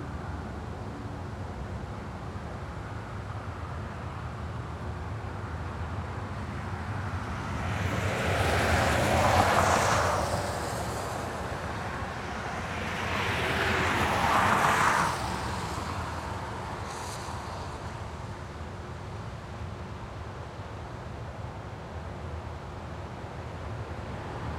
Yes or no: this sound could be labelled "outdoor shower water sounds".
no